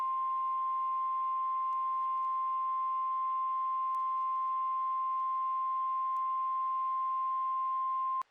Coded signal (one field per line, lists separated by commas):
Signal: Emergency Alert System (SAME) tones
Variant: 1050 Hz attention tone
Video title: EAS Scenario #2 - Tilt